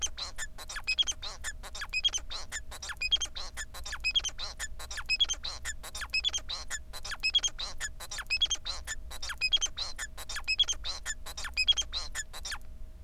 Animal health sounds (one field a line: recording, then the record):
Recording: song of a male Bengalese finch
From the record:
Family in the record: son of father 4